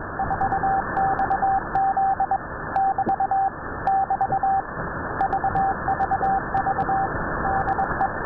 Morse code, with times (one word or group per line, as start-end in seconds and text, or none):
0.2-2.4 4XZ
2.8-3.5 <BT>
3.9-4.6 <BT>
5.2-7.1 VVV
7.5-8.1 DE